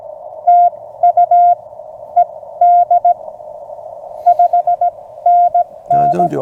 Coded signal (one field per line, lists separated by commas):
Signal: Morse code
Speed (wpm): 16 wpm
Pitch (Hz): 700 Hz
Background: speech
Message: TU ED 5NN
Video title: Friend Stops by to see a CW POTA